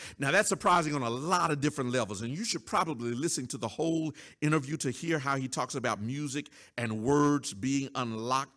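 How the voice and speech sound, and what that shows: A man preaching a sermon speaks fluently in a clear, steady, well-paced voice with natural pitch movement and brief pauses.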